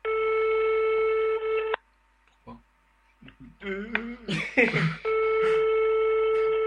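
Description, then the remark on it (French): A telephone ringing tone sounds over the line: a steady, buzzy electronic tone holding one flat pitch for almost two seconds, a pause with a brief spoken question, then the tone returns. “Oui, dans le coma, la sonnerie.”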